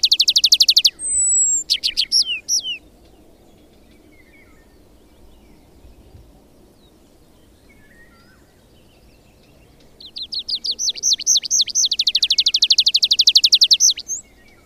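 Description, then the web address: Tree pipit song: a fast buzzy trill, a thin drawn note and chirps, a long quiet pause, then a loud series of repeated arching notes and rapid trills. "agykontroll Madardalok Cd 2. Erdei pityer"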